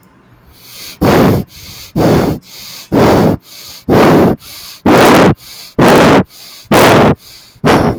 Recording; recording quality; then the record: shallow breathing; excellent, no background noise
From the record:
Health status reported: recovered from COVID-19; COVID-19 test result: positive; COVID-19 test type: RT-PCR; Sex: male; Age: 22 years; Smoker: no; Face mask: not worn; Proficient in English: yes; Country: India